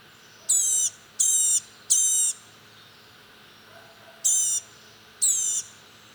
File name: blue-gray gnatcatcher